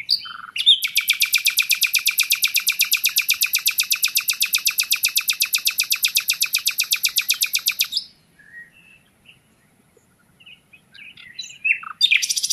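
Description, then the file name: Common nightingale giving a long, fast, even rattle of pulsed notes lasting about seven seconds, then a few quiet notes and a new phrase starting. "Luscinia megarhynchos"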